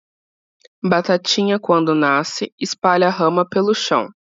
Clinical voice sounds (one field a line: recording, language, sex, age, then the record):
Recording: short text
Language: Brazilian Portuguese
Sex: female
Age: 30 to 39 years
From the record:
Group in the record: control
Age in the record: 30 years